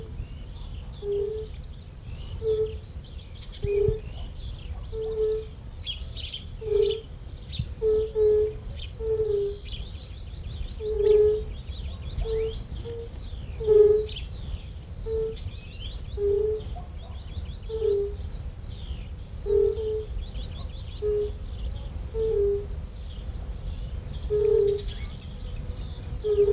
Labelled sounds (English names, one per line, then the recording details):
Fire-Bellied Toad call
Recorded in the wild
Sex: male
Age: adult
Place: Feldberg - Lüttenhagen, Mecklenburgische Seenplatte, Mecklenburg, DE
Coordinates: 53.3394, 13.3856
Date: 1976-06-23 17:53
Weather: diesig, 22°C
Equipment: Uher CR 210, Sennheiser MD 421 HL, Verstärker, Reflektor, Kopie Uher 4200
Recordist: Tembrock, Günter